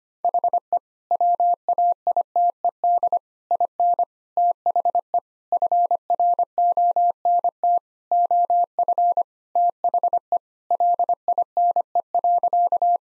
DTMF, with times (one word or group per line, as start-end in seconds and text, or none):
none